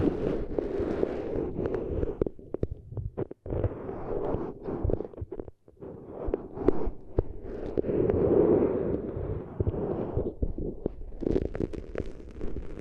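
Eardrum treatment sounds as a dense, muffled roar centred low and in the middle, throbbing unevenly with scattered sharp clicks and pops. It cuts out briefly around three and five and a half seconds, swells near eight seconds, and turns crackly toward the end.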